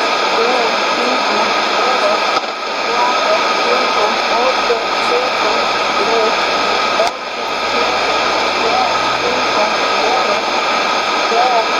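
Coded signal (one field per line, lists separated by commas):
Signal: numbers station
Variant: HM01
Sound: continuous rushing multi-tone data hiss with two brief dropouts, under shortwave static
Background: radio static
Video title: 10 07 2015 Cuban Spy Number HM01 in Spanish 0655 on 9330 Bejucal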